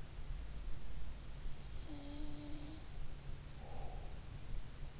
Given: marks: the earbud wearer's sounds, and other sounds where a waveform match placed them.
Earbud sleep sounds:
sounds in sleep by an in-ear microphone; breath
1.84-2.88 s: sound from someone else or the room
3.40-4.21 s: breath

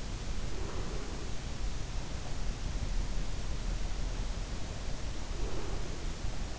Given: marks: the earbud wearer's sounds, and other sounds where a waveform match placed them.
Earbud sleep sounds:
sounds in sleep by an in-ear microphone; breath
0.31-2.08 s: breath
3.51-6.59 s: breath

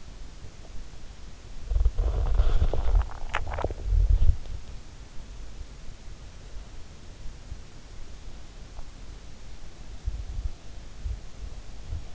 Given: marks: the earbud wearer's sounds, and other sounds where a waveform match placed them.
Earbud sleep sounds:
sounds in sleep by an in-ear microphone; body movement, swallowing
0.00-5.04 s: body movement
2.61-3.95 s: swallowing
9.88-12.15 s: body movement

